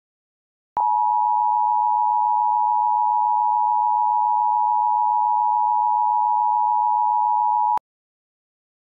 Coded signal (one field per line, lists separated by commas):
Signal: Emergency Alert System (SAME) tones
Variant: 853 and 960 Hz attention tone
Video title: Real EAS #63 - Tornado Warning